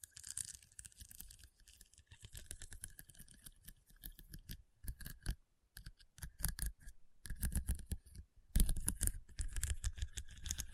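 Rhinestones are tapped and scratched in a dense run of small, crisp clicks and rasps that runs almost the whole way through. The sound is bright with a low thump under it, with brief silent gaps around five and six seconds, then a louder, busier stretch near the end.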